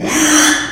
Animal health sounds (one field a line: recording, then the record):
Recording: squeal of a Yucatan mini pig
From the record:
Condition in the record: after surgery on the right vocal fold (resection and tissue-engineered implant)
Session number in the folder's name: 3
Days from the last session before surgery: 33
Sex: male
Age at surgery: 12 weeks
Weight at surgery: 13 kg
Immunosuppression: cyclosporine, prednisolone